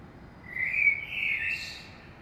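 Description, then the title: Common blackbird song: a brief rich warbled phrase, then a soft, high scratchy twitter to finish. Saint-Gilles, Belgium; early morning; recorded with a DPA 2006c AB pair into a Zoom F3. "Saint-Gilles, Belgique - Blackbird - Merle"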